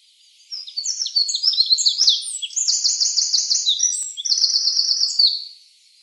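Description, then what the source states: Eurasian wren song: a loud, fast outpouring of high, bright trills and sharp chattering notes lasting about five seconds. Recorded 24 April 2013.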